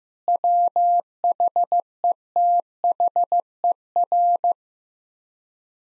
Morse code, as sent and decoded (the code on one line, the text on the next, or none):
.-- .... . - .... . .-.
WHETHER